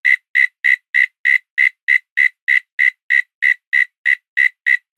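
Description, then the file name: Cricket chirps repeated at a fast, regular pace of about three a second, each a brief pulsed tone, with silence between. A single cricket calling at night in Australia in autumn. "zapsplat animal insect cricket lone call night australia autumn"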